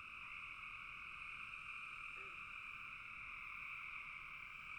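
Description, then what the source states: Frog chorus, a constant high-pitched trilling hum in two layered bands. Frogs calling in a bog.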